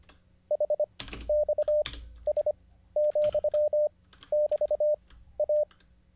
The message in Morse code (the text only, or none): HXS,<BT>A